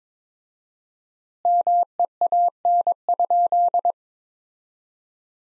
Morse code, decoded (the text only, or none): MEAN?